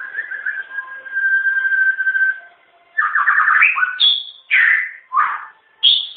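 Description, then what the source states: White-rumped shama singing, opening with a long steady whistled note, then a run of varied warbles, slurred falling phrases and high clear whistles with brief gaps. Malaysia.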